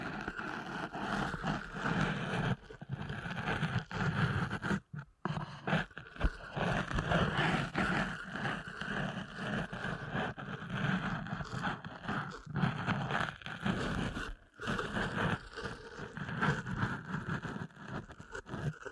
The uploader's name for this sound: ASMR Deep Ear Canal Massage